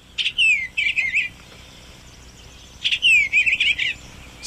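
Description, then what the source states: Eastern bluebird singing two short warbled phrases, separated by about a second and a half of quiet. Heard in the Northeast during a snowy winter, amid repeated snowstorms.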